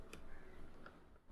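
On a DJI RS3 Mini gimbal, after the plate is in, the lock lever on the camera mount clamp is pushed shut. Two small ticking clicks are heard at 0.1 s and 0.9 s, and the mount is locked.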